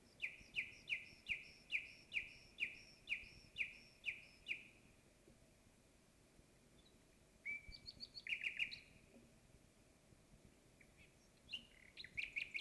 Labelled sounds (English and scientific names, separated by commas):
Common Nightingale (Luscinia megarhynchos) song